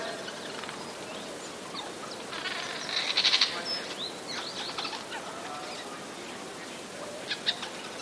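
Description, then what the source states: Eurasian jay producing one harsh, grating screech around the middle over a hissing, noisy background, with scattered faint bird chirps before and afterwards. 27 January 2013.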